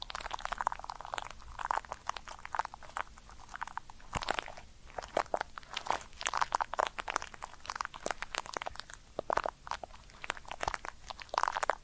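Ear cleaning triggers: dense, rapid crackly rustling and crunchy scratches that keep going without pause, with brief bright scrapes every second or so.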